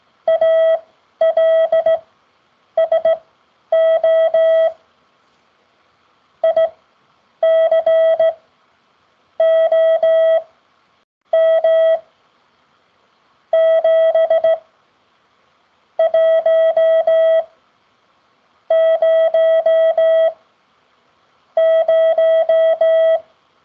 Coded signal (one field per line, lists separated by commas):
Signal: Morse code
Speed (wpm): 16 wpm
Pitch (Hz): 650 Hz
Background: none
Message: ALSO ICOM 7100